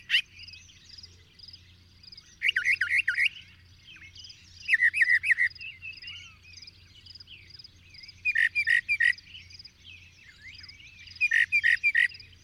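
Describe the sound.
Bird song, short bursts of rapid repeated notes every few seconds over steady background twittering and a low hum.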